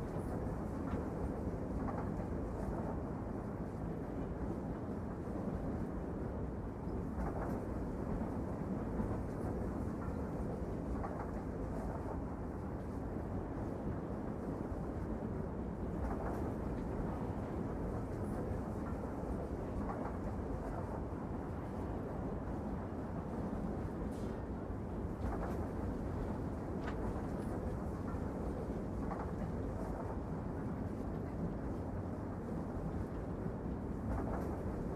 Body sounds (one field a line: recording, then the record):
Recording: background sound without coughing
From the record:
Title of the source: Train Ride Ambience ambient white noise for sleeping, focus, studying, reading